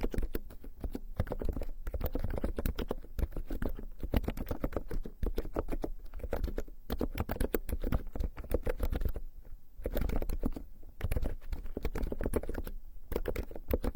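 Keyboard typing, a dense, fast run of soft clicks and taps with a low, muffled thump under each stroke. The rhythm stays busy throughout, broken by a few brief pauses near 2, 7 and 9–10 seconds.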